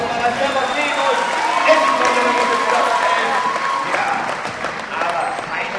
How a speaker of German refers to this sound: Die Halle ist ausverkauft. Die Zuschauer sitzen gebannt in den Sitzreihen vor der großen Bühne und immer wieder springen sie auf, um gelungene Aktionen der Spieler zu bejubeln.